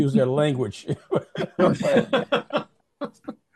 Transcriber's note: laughs